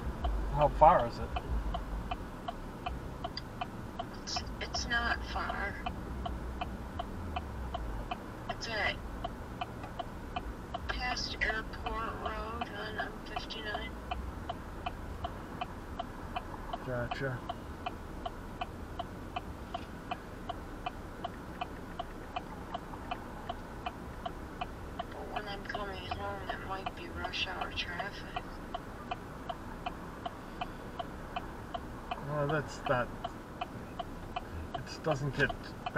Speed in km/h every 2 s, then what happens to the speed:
0, 0, 0, 0, 0, 0, 0, 0, 0, 0, 0, 0, 0, 0, 0, 0, 0, 0.
0-36 standing.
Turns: none.